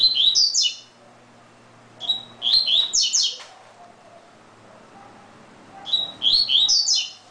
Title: Canto Coleiro